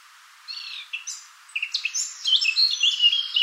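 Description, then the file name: Eurasian blackcap song: a few soft notes, then a quickening twittering warble that grows louder and richer toward the end. "Sylvia atricapilla"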